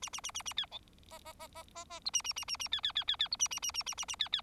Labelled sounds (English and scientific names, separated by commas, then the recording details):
Bengalese Finch (Lonchura striata domestica) song
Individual Bird4